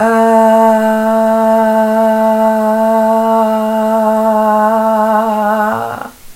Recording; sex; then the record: sustained vowel /a/; female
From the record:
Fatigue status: no fatigue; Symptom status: asymptomatic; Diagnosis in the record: COVID-19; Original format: m4a